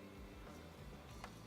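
A plastic mask piece is pushed into an action figure's head over steady background music. A single sharp, quiet snap at 1.2 s marks the piece popping into place and seating.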